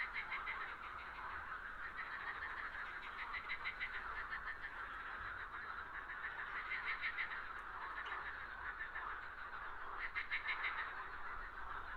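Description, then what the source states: Frog chorus of rapid pulsed croaks, a continuous rattling mass that swells in bursts around four, seven and ten seconds. Frogs on a lake.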